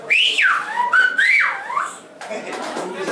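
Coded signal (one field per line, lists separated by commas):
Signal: whistled language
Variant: Silbo Gomero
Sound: a loud gliding whistle rising and falling like speech melody, then rustling noise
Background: room noise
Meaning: The whistled phrase says "My name is Andreyus."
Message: Me llamo Андреюс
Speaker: меня зовут Андреюс. Me llamo Андреюс.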